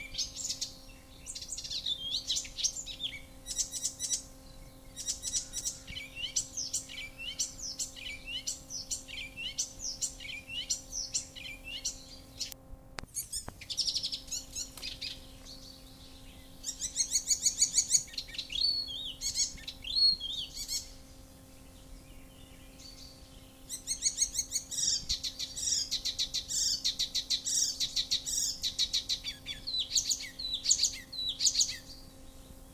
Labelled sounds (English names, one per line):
Icterine Warbler song